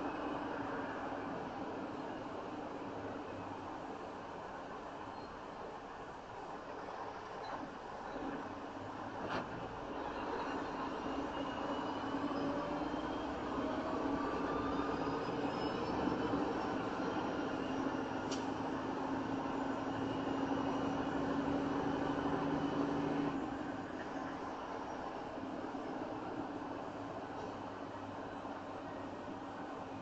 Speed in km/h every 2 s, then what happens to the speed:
44, 35, 27, 23, 23, 24, 29, 34, 37, 39, 37, 39, 39, 34, 32.
0-7 slows to 23. 10-17 speeds up to 39. 17-24 steady at about 39. 24-30 slows to 32.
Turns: none.